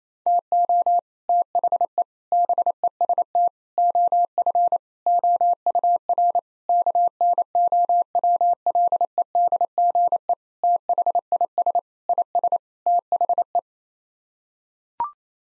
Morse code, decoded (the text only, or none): TO THE BEST OF OUR KNOWLEDGE THIS IS THE